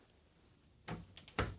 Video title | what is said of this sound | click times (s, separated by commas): 2017 NEWMAR KING AIRE K3 SPARTAN, FLUSH SLIDES, 6KW INVERTERS $410,000 | it locks into place on its own accord. | 1.4 s